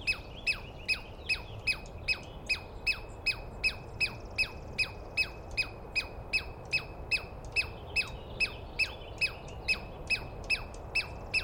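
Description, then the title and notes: Douglas squirrel calling: sharp descending squeaks delivered in a fast, even series, roughly 150 per minute, with little else audible but soft ambient noise. Wild Douglas pine squirrel screaming at dawn, morning of 21 April 2017, East Cascades; calling at length at the recordist, identified by sound without a good look. "On the morning of 21 April, 2017, I set up my microphones and recorder for a nice dawn recording in the East Cascades. I was started awake by a screaming Douglas Pine Squirrel"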